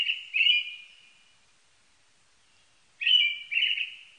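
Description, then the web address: Brown-headed thrush song: a pair of whistled notes fading away, then after a pause another pair of fluty whistles, no other sounds. Recorded 1 May 1998. "1998 980501 akahara"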